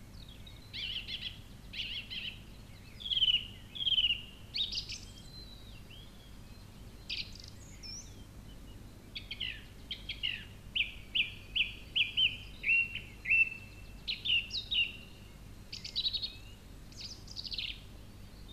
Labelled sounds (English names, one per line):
Song Thrush song